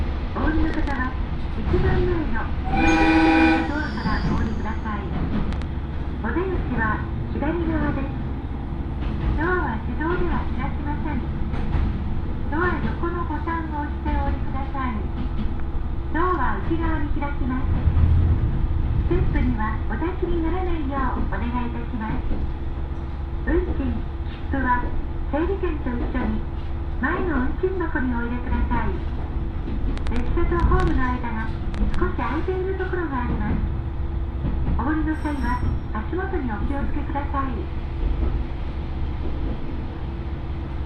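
Inside the first Oito Line train leaving Itoigawa for Minami-Otari, a low steady rumble of the moving carriage runs throughout, with people talking over it. A brief high tonal chime or whistle rings out around three seconds in.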